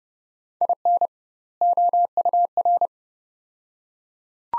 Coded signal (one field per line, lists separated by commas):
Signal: Morse code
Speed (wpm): 31 wpm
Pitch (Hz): 700 Hz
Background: none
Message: IN OUR